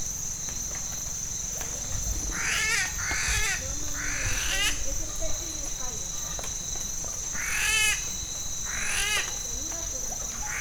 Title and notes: Parque Nacional Natural Amacayacu, Amazonas, Colombia - Pájaro Arrendajo. Este pájaro imita a otras aves, ranas y hasta machete afilando